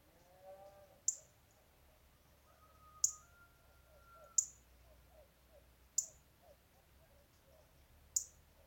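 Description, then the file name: European robin's sharp, high tick calls, five clicks spaced a second or two apart. "Erithacus rubecula"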